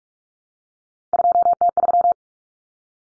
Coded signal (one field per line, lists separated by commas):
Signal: Morse code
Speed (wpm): 44 wpm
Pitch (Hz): 700 Hz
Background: none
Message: 2T3